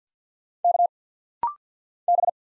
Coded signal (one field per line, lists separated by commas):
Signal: Morse code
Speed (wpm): 50 wpm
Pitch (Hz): 700 Hz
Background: none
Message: K B